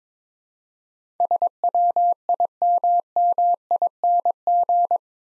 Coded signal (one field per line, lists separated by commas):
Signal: Morse code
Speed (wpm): 22 wpm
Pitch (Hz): 700 Hz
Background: none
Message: SWIMMING